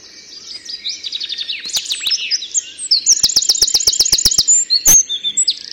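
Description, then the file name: Eurasian wren song, a shrill, fast outpouring of high notes building into a rapid, evenly repeated trill, with sharp clicks and taps mixed in. "Troglodytes troglodytes"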